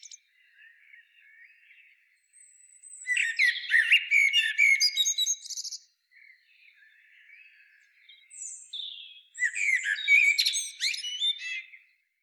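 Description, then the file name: Common blackbird song: soft, quiet warbling builds into a loud burst of mixed warbles and high twitter, followed after a pause by another full phrase. "Turdus merula"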